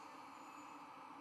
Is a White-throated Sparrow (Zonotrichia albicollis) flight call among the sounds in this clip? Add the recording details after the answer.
no. No flight call is heard. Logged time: 23:41 on 4 November 2014